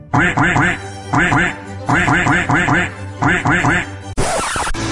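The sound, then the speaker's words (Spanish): A voice imitates a duck as "el Pato", the cultural guide of a Radio Cusey Network show, with rapid, nasal, raspy quacks in quick clusters of three or four, repeated several times, before a loud hiss of noise cuts in at the end. “Escucha al Pato y a todos sus colaboradores todos los jueves en el programa cultural más inculto de la red, con Ciranoico.”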